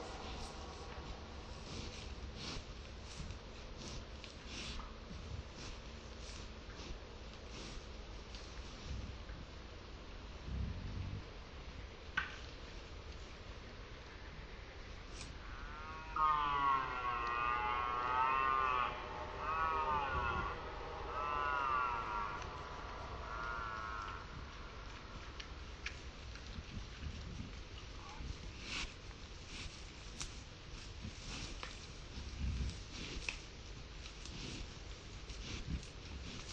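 A red deer stag lets out a long, rasping roar from inside the forest around the middle, amid scattered clicks and rustling throughout.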